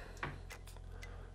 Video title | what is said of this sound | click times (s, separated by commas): How To Connect Multiple Solar Panels in Series (For Beginners) | push them in until you hear them both click | 0.2 s, 1.0 s